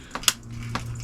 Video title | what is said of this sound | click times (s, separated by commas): Complete Annual Maintenance & Winterizing on a Tracker Pro Team 175 & Mercury 4 Stroke EFI (Part 1) | see if you can hear that when I click it in | 0.3 s